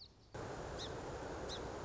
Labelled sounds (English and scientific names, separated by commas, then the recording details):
Song Sparrow (Melospiza melodia)
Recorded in Sonoma County, California